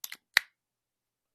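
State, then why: Not seated. A cap is pushed back onto a clone perfume spray bottle, and it fits snugly but does not click into place. Two soft, faint ticks come at about 0.0 s and 0.1 s, then one sharp, bright tick at about 0.4 s. The cap has not clicked on.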